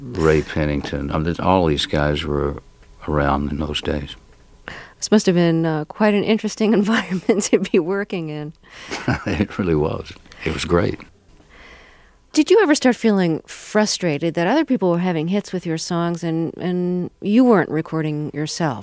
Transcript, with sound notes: Ray Pennington, just all these guys were around in those days.
This must have been quite an interesting environment to be working in.
(Soundbite of laughter) It really was. It was great.
Did you ever start feeling frustrated that other people were having hits with your songs and you weren't recording yourself?